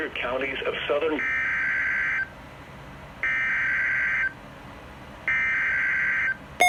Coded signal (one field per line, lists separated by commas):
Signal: Emergency Alert System (SAME) tones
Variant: header bursts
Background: speech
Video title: Severe thunderstorm watch EAS #107